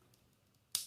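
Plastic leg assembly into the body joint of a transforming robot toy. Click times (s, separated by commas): 0.8 s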